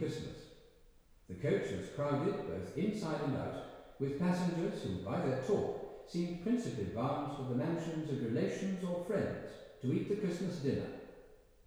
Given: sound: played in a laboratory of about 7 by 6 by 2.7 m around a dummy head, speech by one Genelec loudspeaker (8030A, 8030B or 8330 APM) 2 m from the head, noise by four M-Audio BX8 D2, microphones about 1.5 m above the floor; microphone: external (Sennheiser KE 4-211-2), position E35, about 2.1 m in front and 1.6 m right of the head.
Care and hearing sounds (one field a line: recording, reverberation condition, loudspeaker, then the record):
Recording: male speech in English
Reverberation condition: high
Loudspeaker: 30 degrees to the right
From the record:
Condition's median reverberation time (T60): about 1300 ms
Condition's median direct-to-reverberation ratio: about -4.0 dB